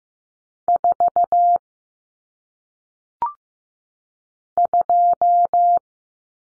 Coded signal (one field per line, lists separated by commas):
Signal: Morse code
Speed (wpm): 15 wpm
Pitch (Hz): 700 Hz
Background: none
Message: 4 2